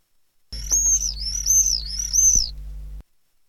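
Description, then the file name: Common swift giving one long shrill scream that wavers up and down in three or four pulses over about two seconds, over a faint low hum. "apus apus"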